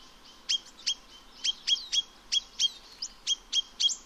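Chinese nuthatch giving a series of short, sharp, high nasal notes, about three or four a second.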